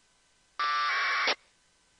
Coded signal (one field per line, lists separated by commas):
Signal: packet radio (AX.25, as in APRS)